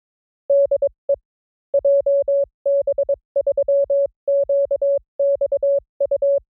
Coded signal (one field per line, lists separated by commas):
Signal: Morse code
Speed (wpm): 22 wpm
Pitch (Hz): 560 Hz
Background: none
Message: DE JB3QXU